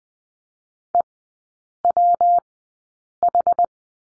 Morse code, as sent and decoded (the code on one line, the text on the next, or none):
. .-- ....
EWH